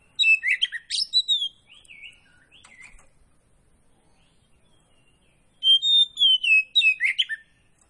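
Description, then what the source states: Magpie-robin song: a burst of clear whistles and rapid chirps, a softer trailing section, a long pause, then another bright whistled phrase. Kacer Poci variety; singing gacor, meaning vigorously.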